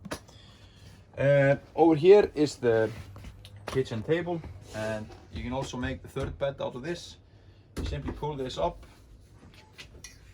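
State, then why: Released. A man talks while pulling up the kitchen table in a motorhome, then bends the table's leg support joint, which clicks free at 10.1 s. That releases the tabletop so it can be taken off and used to make a third bed.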